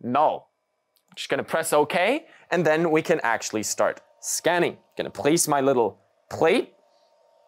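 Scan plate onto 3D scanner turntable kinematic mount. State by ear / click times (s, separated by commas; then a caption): not seated / none. Someone talks while getting ready to place a small magnetic scan plate onto the turntable of a Shining3D Autoscan Inspec 3D scanner, where magnets pull it onto metal half-sphere locating points. A faint steady tone runs under the speech from about 4 seconds on. Nothing has snapped or seated yet by the end of the clip.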